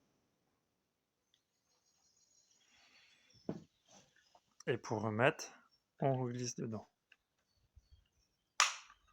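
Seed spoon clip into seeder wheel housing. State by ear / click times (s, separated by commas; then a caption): seated / 8.6 s. Someone talks while the seed spoon of a small Agridrill seeder wheel is slid back into its housing and pushed in. One sharp, loud snap at 8.6 s marks it clipping into place, and it is seated.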